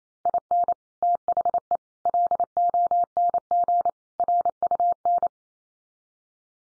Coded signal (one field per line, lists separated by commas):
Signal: Morse code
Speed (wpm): 28 wpm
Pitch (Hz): 700 Hz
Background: none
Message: IN THE LONG RUN